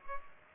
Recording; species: mosquito wingbeat signal from an infrared sensor; Culex pipiens